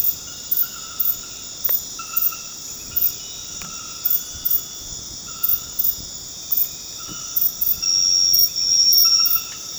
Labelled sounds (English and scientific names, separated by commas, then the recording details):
none
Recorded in dense forest near Puerto Asís, Putumayo, Colombia, on 9 March 2025 at 23:00
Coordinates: 0.486, -76.317
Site G053